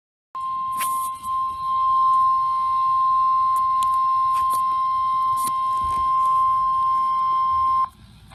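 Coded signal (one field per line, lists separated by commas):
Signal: Emergency Alert System (SAME) tones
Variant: 1050 Hz attention tone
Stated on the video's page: Weather radio alert recorded on a Black & Decker Stormtracker WDR5B weather radio receiver.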